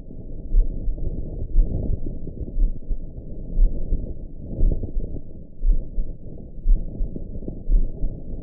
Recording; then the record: heart sounds by optical stethoscope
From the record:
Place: mitral valve (MV)